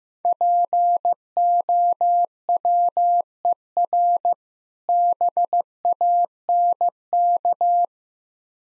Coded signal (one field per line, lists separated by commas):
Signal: Morse code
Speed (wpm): 15 wpm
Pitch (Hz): 700 Hz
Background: none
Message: POWER BANK